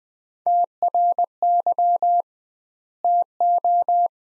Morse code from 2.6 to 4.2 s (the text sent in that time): TO